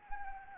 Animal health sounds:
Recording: mosquito wingbeat signal from an infrared sensor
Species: Anopheles arabiensis

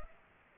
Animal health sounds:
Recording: mosquito wingbeat signal from an infrared sensor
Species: Culex pipiens

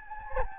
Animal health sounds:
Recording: mosquito wingbeat signal from an infrared sensor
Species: Anopheles gambiae

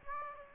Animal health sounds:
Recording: mosquito wingbeat signal from an infrared sensor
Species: Aedes aegypti

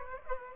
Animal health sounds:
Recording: mosquito wingbeat signal from an infrared sensor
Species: Aedes aegypti

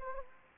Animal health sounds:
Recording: mosquito wingbeat signal from an infrared sensor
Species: Anopheles gambiae

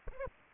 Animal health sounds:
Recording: mosquito wingbeat signal from an infrared sensor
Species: Aedes aegypti

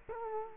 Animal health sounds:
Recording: mosquito wingbeat signal from an infrared sensor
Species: Culex quinquefasciatus

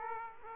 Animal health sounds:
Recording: mosquito wingbeat signal from an infrared sensor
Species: Aedes aegypti

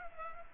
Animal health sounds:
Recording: mosquito wingbeat signal from an infrared sensor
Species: Culex pipiens

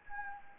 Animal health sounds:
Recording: mosquito wingbeat signal from an infrared sensor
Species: Anopheles gambiae

